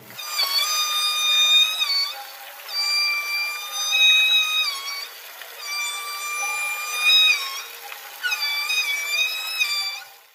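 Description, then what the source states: Orca calls: long, harmonic-rich tones, mostly steady in pitch, in four drawn-out bursts. Captive female orca in her tank at a Miami aquarium, thought to be among her last calls; recording played back.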